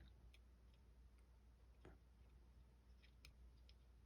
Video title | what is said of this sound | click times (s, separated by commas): Bachmann ON30 Gas Mechanical - Sound Decoder Install | now that just snapped back in so | 3.2 s